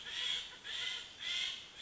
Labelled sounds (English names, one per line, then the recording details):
Steller's Jay
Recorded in Sonoma County, California